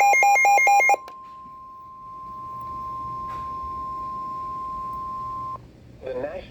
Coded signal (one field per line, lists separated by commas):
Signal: Emergency Alert System (SAME) tones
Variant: 1050 Hz attention tone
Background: speech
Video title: #eas #844: ##special #marine #warning #smw #noaaradio